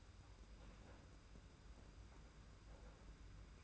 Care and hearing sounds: daily activity, microphone in the room; open fridge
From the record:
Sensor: 2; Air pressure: 991.7 hPa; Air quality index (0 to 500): 221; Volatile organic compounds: 1000 ppm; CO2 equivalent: 7380 ppm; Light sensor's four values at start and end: 26/82/32/29 and 26/82/32/29

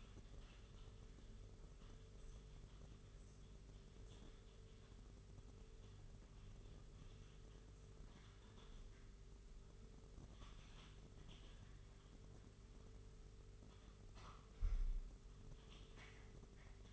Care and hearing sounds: daily activity, microphone in the room; typing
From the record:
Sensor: 4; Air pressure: 991.8 hPa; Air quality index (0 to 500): 120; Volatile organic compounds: 27 ppm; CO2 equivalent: 2880 ppm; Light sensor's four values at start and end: 19/64/24/24 and 19/64/24/24

